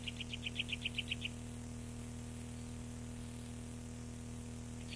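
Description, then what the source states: Eurasian nuthatch song: a quick, even series of about ten short whistled notes in just over a second, then only a steady low hum until one more note begins at the end. Recorded 29 April 1994.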